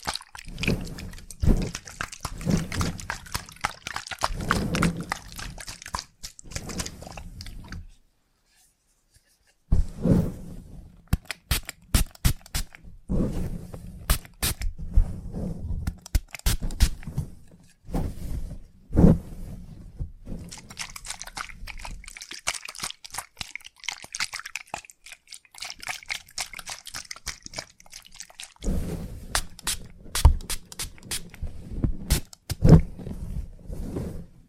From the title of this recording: Salon Haircut Head Massage, Scissors and Clipper